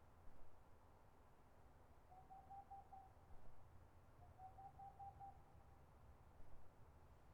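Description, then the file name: Boreal owl song: two short, fast runs of soft, even hoots at a steady mid pitch, each lasting about a second, separated by a pause, over low background rumble. Recorded 22 March 2013. "20130322-Pärluggla"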